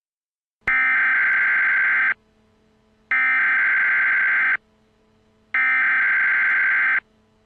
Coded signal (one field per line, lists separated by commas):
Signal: Emergency Alert System (SAME) tones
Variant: header bursts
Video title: (EAS Scenario) Serial Killer Yoshi/Giant Evil Yoshi (For a Roleplay)